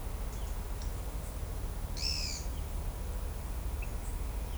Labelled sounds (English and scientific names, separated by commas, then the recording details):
Pale-eyed Pygmy Tyrant (Atalotriccus pilaris)
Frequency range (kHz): Pale-eyed Pygmy Tyrant (Atalotriccus pilaris) 1.6-11.0 kHz
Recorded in shrubland near Pivijay, Magdalena, Colombia, on 5 June 2023 at 14:00
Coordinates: 10.453, -74.365
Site P5-G022